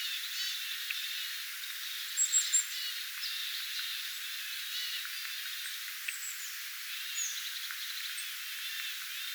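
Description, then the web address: Tits calling in a flock, a loud cluster of sharp high notes just after two seconds, then steady soft chatter and thin calls. A flock of tits recorded on 25 October 2024. "25 10 2024 tiaisparvi"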